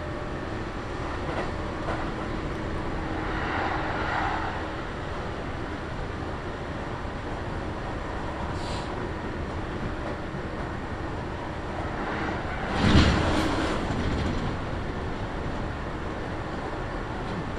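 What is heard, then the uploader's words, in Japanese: A Kintetsu Nagoya Line local train runs with a steady low rumble and a faint constant hum. A swell of rattling noise rises around four seconds, a short hiss comes near nine, and a sharp clunk with a louder rush arrives near thirteen seconds before settling. 近鉄名古屋線各駅停車 塩浜→白子。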